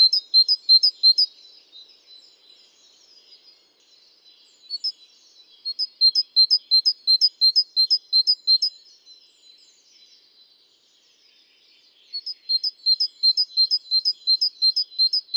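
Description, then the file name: Great tit calls: bright high chips repeated in quick runs of about three per second, in several bursts separated by pauses. "Parus major"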